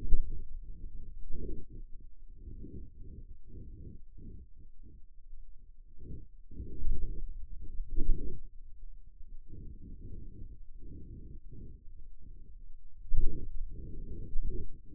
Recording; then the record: forearm muscle sounds (acoustic myography)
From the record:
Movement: pen grasping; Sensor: system 2, bracelet of six BSWA MPA416 microphones around the upper forearm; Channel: 6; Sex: male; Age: 22 years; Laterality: right